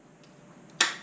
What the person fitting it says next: You kind of hear a pop.